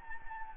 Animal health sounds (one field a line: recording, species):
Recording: mosquito wingbeat signal from an infrared sensor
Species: Anopheles gambiae